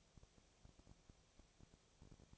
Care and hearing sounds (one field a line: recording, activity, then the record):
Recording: daily activity, microphone in the room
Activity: no activity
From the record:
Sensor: 1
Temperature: 19.6 degrees Celsius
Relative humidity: 36.4%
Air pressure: 997.0 hPa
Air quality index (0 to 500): 204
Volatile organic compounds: 129 ppm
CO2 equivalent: 3923 ppm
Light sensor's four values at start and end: 1/2/1/1 and 1/2/1/1